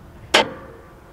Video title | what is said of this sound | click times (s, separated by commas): X700 Snowblower to Mower Deck | the lock lift it ever so slightly that will lock into place | 0.3 s